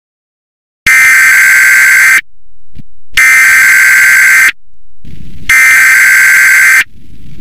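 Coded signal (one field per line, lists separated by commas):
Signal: Emergency Alert System (SAME) tones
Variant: header bursts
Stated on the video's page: Mock EAS alert, not a real broadcast.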